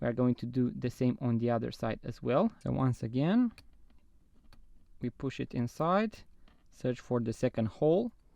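Someone talks while a spring bar remover tool pushes in the spring bar on the second side of a watch strap, searching for the drilled hole in the metal lug of a Timex Electric Dynabeat watch case, with a faint tick during a quiet pause around 4.5 s. Nothing has seated or clicked yet.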